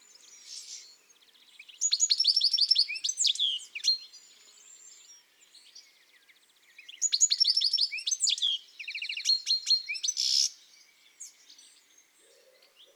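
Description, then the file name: European goldfinch song: tinkling, rapid twittered phrases with buzzy rattles, two main bursts around two and seven seconds, with softer notes between. Garden bird. "Chardonneret elegant"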